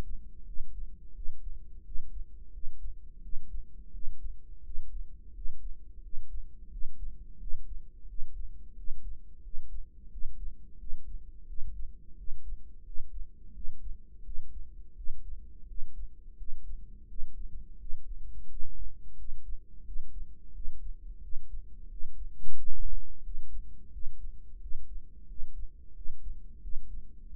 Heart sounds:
heart sounds by microphone in the right ear; 87 bpm
0.47 s: heartbeat
1.16 s: heartbeat
1.85 s: heartbeat
2.53 s: heartbeat
3.23 s: heartbeat
3.94 s: heartbeat
4.65 s: heartbeat
5.35 s: heartbeat
6.03 s: heartbeat
6.72 s: heartbeat
7.40 s: heartbeat
8.09 s: heartbeat
8.77 s: heartbeat
9.44 s: heartbeat
10.12 s: heartbeat
10.80 s: heartbeat
11.48 s: heartbeat
12.18 s: heartbeat
12.86 s: heartbeat
13.55 s: heartbeat
14.25 s: heartbeat
14.97 s: heartbeat
15.69 s: heartbeat
16.39 s: heartbeat
17.09 s: heartbeat
17.80 s: heartbeat
18.51 s: heartbeat
19.18 s: heartbeat
19.86 s: heartbeat
20.55 s: heartbeat
21.23 s: heartbeat
21.91 s: heartbeat
22.58 s: heartbeat
23.25 s: heartbeat
23.93 s: heartbeat
24.62 s: heartbeat
25.29 s: heartbeat
25.96 s: heartbeat
26.63 s: heartbeat
27.30 s: heartbeat
From the record:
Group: healthy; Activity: rest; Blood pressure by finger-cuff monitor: 135/86 mmHg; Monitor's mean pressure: 102 mmHg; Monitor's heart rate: 87 bpm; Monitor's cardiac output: 7.1 L/min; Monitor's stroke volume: 82 mL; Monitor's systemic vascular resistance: 1060 dyn s/cm5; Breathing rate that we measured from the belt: 18 breaths a minute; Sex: male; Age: 21 years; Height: 175 cm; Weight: 72.6 kg

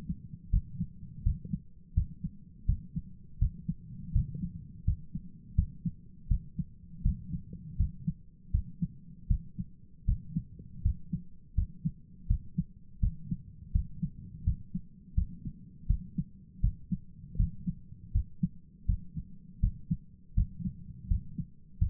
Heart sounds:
heart sounds by stethoscope; 82 bpm
0.49 s: heartbeat
1.22 s: heartbeat
1.93 s: heartbeat
2.65 s: heartbeat
3.38 s: heartbeat
4.11 s: heartbeat
4.84 s: heartbeat
5.54 s: heartbeat
6.27 s: heartbeat
7.01 s: heartbeat
7.76 s: heartbeat
8.50 s: heartbeat
9.27 s: heartbeat
10.04 s: heartbeat
10.81 s: heartbeat
11.54 s: heartbeat
12.26 s: heartbeat
12.99 s: heartbeat
13.71 s: heartbeat
14.43 s: heartbeat
15.14 s: heartbeat
15.86 s: heartbeat
16.60 s: heartbeat
17.36 s: heartbeat
18.12 s: heartbeat
18.85 s: heartbeat
19.60 s: heartbeat
20.34 s: heartbeat
21.07 s: heartbeat
21.78 s: heartbeat
From the record:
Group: healthy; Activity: rest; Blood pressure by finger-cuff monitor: 169/88 mmHg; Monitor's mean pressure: 106 mmHg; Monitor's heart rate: 83 bpm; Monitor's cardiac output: 8.2 L/min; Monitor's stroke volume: 101 mL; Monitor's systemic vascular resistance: 960 dyn s/cm5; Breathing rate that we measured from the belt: 18 breaths a minute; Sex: male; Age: 57 years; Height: 188 cm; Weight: 106 kg

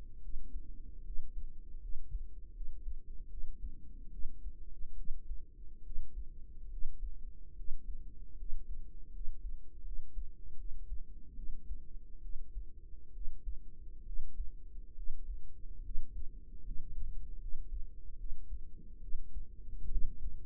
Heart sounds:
heart sounds by microphone in the right ear; 73 bpm
0.20 s: heartbeat
1.03 s: heartbeat
1.79 s: heartbeat
2.52 s: heartbeat
3.28 s: heartbeat
4.10 s: heartbeat
4.95 s: heartbeat
5.82 s: heartbeat
6.68 s: heartbeat
7.54 s: heartbeat
8.35 s: heartbeat
9.11 s: heartbeat
9.83 s: heartbeat
10.55 s: heartbeat
11.34 s: heartbeat
12.20 s: heartbeat
13.11 s: heartbeat
14.03 s: heartbeat
14.93 s: heartbeat
15.81 s: heartbeat
16.62 s: heartbeat
17.38 s: heartbeat
18.16 s: heartbeat
18.99 s: heartbeat
19.88 s: heartbeat
From the record:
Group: healthy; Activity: rest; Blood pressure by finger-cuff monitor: 118/68 mmHg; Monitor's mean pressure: 83 mmHg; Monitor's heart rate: 73 bpm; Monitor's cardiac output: 5.7 L/min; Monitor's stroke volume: 77 mL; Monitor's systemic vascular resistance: 1050 dyn s/cm5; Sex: female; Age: 32 years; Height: 168 cm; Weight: 61.9 kg

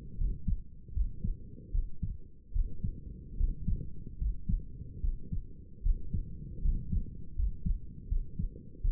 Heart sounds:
heart sounds by stethoscope; 76 bpm
0.17 s: heartbeat
0.93 s: heartbeat
1.71 s: heartbeat
2.52 s: heartbeat
3.37 s: heartbeat
4.18 s: heartbeat
5.00 s: heartbeat
5.82 s: heartbeat
6.61 s: heartbeat
7.35 s: heartbeat
8.08 s: heartbeat
8.81 s: heartbeat
From the record:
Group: healthy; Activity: rest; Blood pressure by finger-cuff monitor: 123/81 mmHg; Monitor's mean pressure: 88 mmHg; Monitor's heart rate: 75 bpm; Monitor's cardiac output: 6.2 L/min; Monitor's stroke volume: 82 mL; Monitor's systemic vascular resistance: 1030 dyn s/cm5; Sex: male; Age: 35 years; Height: 180 cm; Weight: 86.9 kg

